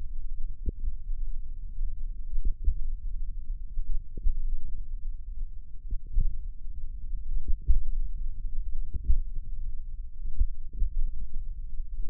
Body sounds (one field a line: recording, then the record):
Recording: forearm muscle sounds (acoustic myography)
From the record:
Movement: finger pinch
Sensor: system 1, eight BSWA MPA416 microphones around the upper forearm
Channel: 5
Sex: female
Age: 21 years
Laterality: right